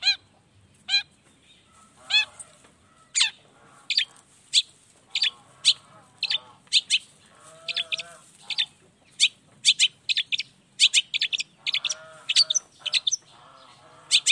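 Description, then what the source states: Long-tailed shrike song: an irregular medley of harsh rasps, sharp chips and chattering phrases, delivered in quick bursts with short pauses. Energetic morning singing with the 'toet toet' song variation, used to stimulate reluctant shrikes into singing.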